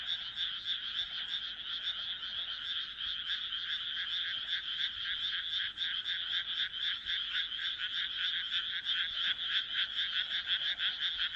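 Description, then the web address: Frog chorus of many overlapping croaks, pulsing rapidly and steadily in a grating, rhythmic texture that stays even in loudness from start to finish. "kaeru kaeru"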